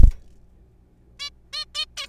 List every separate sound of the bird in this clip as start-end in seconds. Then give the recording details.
1.20-1.29, 1.53-1.65, 1.75-1.85, 1.97-2.07. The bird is a juvenile. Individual R3428